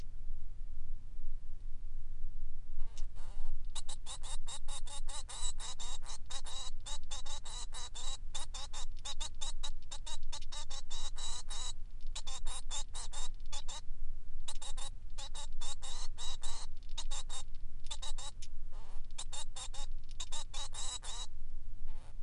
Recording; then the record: song of a male Bengalese finch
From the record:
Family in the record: son of father 3